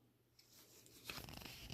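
A Glock pistol is dropped into a CAA MCK carbine conversion chassis and rested in its serrations, lined up before being pushed forward. Faint handling noise rises into a series of light scrapes and knocks from about 1.1 s to the end. Nothing has seated or clicked yet.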